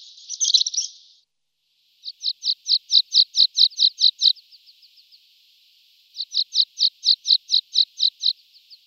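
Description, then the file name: Water Pipit song: a brief buzzy note, then a fast run of high sharp chirps repeating evenly, a pause with soft ticks, and a second run of chirps. "spioncello"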